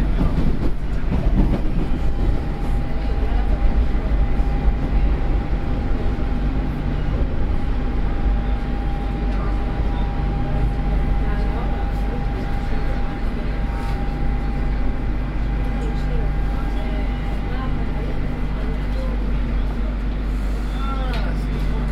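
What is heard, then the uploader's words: A ride on the Barcelona Metro, Line 3, with a steady, heavy low rumble of the train running throughout. Voices chatter underneath, and a thin steady whine holds from about two to nineteen seconds before fading out. Binaural Diaries - Barcelona Metro Journey. We were riding Linea 3 from Vallcarca to Liceu.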